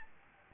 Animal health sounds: mosquito wingbeat signal from an infrared sensor; Aedes albopictus

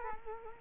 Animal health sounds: mosquito wingbeat signal from an infrared sensor; Culex quinquefasciatus

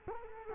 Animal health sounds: mosquito wingbeat signal from an infrared sensor; Culex quinquefasciatus

